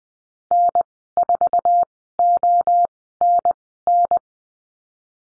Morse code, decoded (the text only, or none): N4ONN